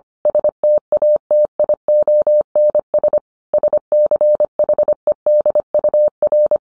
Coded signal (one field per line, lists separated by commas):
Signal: Morse code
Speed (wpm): 25 wpm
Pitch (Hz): 600 Hz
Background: none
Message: STATIONS SCHEDUR